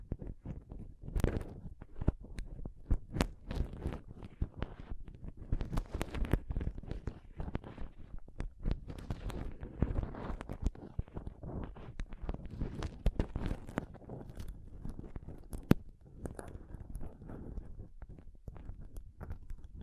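Close-up microphone scratching and touching, a dense, irregular run of low rubbing thumps and sharp clicks continuing without pause for twenty seconds.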